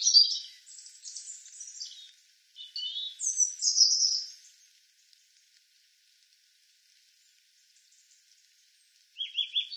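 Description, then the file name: European robin song: a run of thin, high, tumbling warbled phrases for about four seconds, a long silent pause, then a short trill at the end. "Erithacus rubecula"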